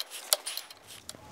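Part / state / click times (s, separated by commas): wheel stud into wheel hub / seated / 0.3 s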